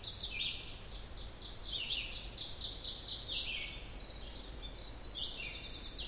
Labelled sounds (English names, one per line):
Ovenbird song